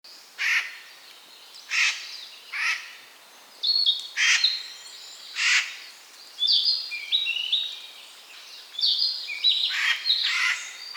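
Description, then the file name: Eurasian jay with several coarse, scratchy calls, then a run of high, tinkling whistled notes mixed with further harsh calls. "Garrulus glandarius"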